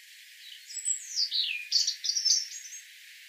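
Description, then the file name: European robin song opening with a thin, high whistle that slides steeply downward, followed by quick, jumbled twittering notes. "Erithacus rubecula"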